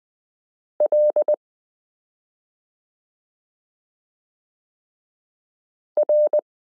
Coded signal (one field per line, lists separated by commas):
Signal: Morse code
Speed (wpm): 20 wpm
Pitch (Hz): 600 Hz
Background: none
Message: L R